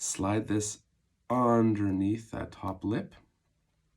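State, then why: Not seated. While reassembling a Casio F91-W digital watch after adding a reflective screen filter, the plastic LCD module is being slid under the top lip of the plastic case, with the bottom still to be lifted so it clicks into the housing. Someone talks throughout, with a pause near 1 s and quiet after about 3.3 s. Nothing has seated or clicked yet.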